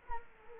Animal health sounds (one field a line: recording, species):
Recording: mosquito wingbeat signal from an infrared sensor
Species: Culex quinquefasciatus